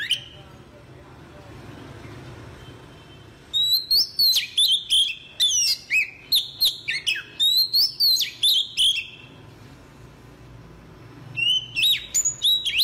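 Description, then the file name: Oriental magpie-robin singing after a few quiet seconds: a rapid string of varied whistled and slurred notes, a pause, then another burst of bright whistles. "tieng chich choe"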